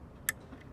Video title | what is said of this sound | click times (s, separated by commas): Morimoto XB GEN 2 EASY F-150 Tail Light Upgrade - 5 Minute Install | you hear that snap you know you're good and then I can go ahead and secure the screws in here | 0.3 s